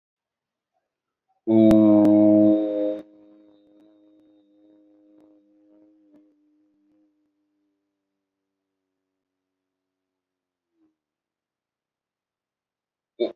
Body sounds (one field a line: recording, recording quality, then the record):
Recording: sustained vowel as in boot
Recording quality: excellent, no background noise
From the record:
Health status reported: recovered from COVID-19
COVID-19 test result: negative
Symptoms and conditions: none ticked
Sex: male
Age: 23 years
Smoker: not ticked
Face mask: not worn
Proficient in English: yes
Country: India